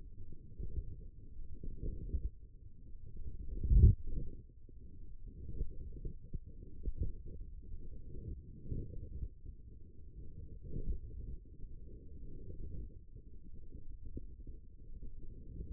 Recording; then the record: forearm muscle sounds (acoustic myography)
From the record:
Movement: wrist flexion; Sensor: system 1, eight BSWA MPA416 microphones around the upper forearm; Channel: 7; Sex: female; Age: 20 years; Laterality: right